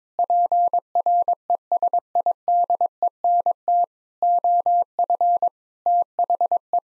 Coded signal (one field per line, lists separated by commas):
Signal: Morse code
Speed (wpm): 22 wpm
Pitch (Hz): 700 Hz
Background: none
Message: PRESIDENT OF THE